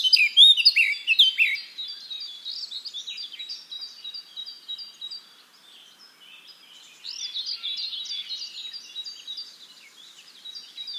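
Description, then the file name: Eurasian blackcap warbling: a loud burst of quick chirps, a quieter stretch of soft twittering, then another lively phrase of varied high notes. "Sylvia atricapilla"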